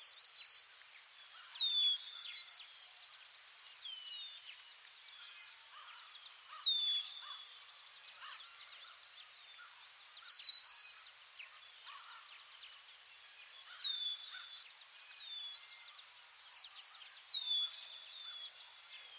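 Birds sing steadily throughout, with repeated bright whistles and chirps over a constant high insect-like trill, all thin with no low rumble.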